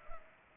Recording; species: mosquito wingbeat signal from an infrared sensor; Culex pipiens